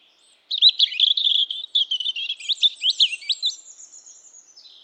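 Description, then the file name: European robin delivering one long liquid phrase of wavering, high warbles and quick sliding notes that fade away at the end. "Erithacus rubecula"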